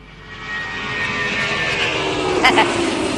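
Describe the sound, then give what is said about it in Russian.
A steady, broad engine roar of an airplane taking off swells in loudness, with a rising whine of harmonic tones and a brief louder burst near the end. “Маэстро, нарисуйте-ка нам взлетающий самолет.”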